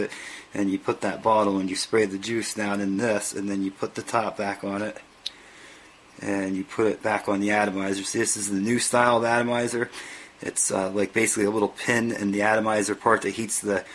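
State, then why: Seated. Someone talks while the small top cap is pressed back onto an e-cigarette cartridge after filling it with juice. A single short click is heard at 5.3 s as the cap seats.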